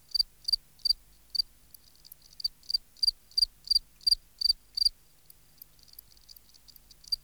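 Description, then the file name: Field cricket song: a run of loud, quick, high-pitched chirps, then only faint, scattered chirps. "Gryllus campestris"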